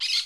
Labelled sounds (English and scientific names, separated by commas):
Brown-throated Parakeet (Eupsittula pertinax) contact call